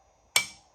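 A new FLUX MACH 5 200HP diesel fuel injector, with its crossover tube port facing out, is pushed down by hand into the cylinder head bore of a 2002 2nd Gen 5.9 Cummins. After near silence, a single sharp, bright click sounds at 0.4 s and rings out over about a quarter second. The injector is confirmed seated.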